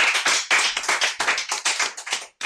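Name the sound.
applause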